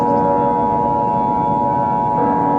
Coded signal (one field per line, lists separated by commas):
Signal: Emergency Alert System (SAME) tones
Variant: 853 and 960 Hz attention tone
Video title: EAS Scenario/Analog Horror - Hell’s Takeover